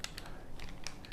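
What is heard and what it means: During reassembly of an FN 1922 pistol, a steel part, likely the muzzle bushing or ring, is lined up with its corner and pushed home into the slide. Sharp metallic clicks sound at 0.0 s and 0.9 s, with fainter small ticks in between and after. The part seats in place.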